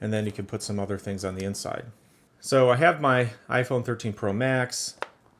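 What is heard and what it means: A MagSafe wallet stand made of vegan leather with a magnetic ring is handled near the back of an iPhone 13 Pro Max while someone talks, with a faint brief tap near the end. Nothing has snapped on or seated yet.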